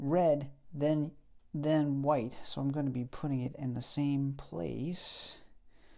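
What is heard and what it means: A crimped wire terminal is handled next to a plastic connector housing for a Jeep Wrangler LED light project while someone talks throughout. Nothing has seated or clicked yet; the terminal is not yet pushed home into the housing.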